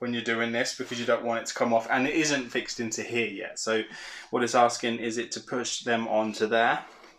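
Someone talks while metal and plastic parts with rubber pieces are handled and lined up to be pushed onto the ankle joint of the right leg of a 1:2 scale T-800 model robot. The part is not yet fixed in place, and nothing has seated or clicked yet.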